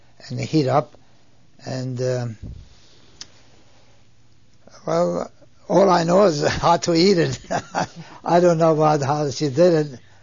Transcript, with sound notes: And heat up, and, well, all I know is how to eat it. (he laughs) I don't know what, how she did it.